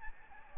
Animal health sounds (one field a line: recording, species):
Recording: mosquito wingbeat signal from an infrared sensor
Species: Aedes albopictus